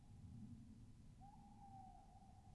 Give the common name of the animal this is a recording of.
Tawny Owl